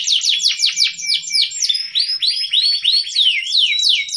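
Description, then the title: Atlantic canary song: rapid, continuous rolling trills of bright downward-sweeping notes, with occasional sustained whistled tones. Domestic canary of the F2 line, song with cengkok (ornamented song phrasing), loud singing. "Cengkok Kenari. Kenari f2ys Cengkok,durasi & Volume++"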